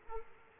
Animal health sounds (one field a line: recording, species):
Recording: mosquito wingbeat signal from an infrared sensor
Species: Aedes aegypti